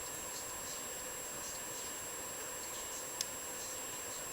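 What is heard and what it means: A hook pick lifts the fourth pin at the back of the keyway of a 4-pin Master 30mm padlock under tension, over a steady faint hiss. A single short, sharp click at 3.2 s marks the pin setting at the shear line, confirming it has seated.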